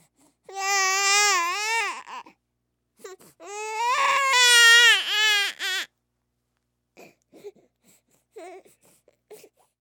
Human Baby Crying Long.